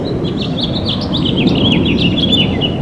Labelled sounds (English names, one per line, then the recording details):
House Finch song
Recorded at Port Washington on Long Island, New York, on 22 May 2013
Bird B